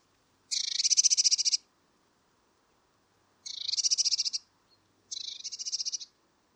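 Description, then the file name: Eurasian blue tit churring call: three dry, buzzy rattles, each about a second long, made of fast even pulses, separated by short silences. "Cyanistes caeruleus"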